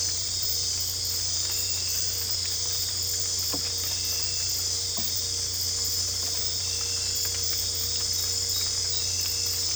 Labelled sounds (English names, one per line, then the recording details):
none
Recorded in dense forest near Puerto Asís, Putumayo, Colombia, on 22 December 2024 at 20:00
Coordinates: 0.485, -76.318
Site GP03